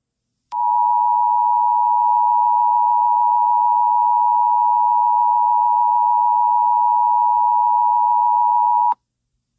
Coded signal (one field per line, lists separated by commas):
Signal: Emergency Alert System (SAME) tones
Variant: 853 and 960 Hz attention tone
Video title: Angry EAS Scenario: (Warning: Strong Language!)